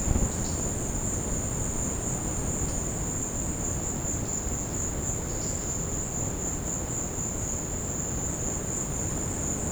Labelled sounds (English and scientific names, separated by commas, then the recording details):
none
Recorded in secondary vegetation near Puerto Asís, Putumayo, Colombia, on 13 March 2025 at 15:00
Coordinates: 0.481, -76.318
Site G097